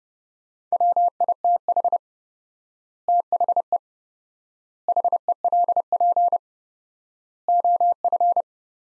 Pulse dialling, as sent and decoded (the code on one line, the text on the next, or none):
none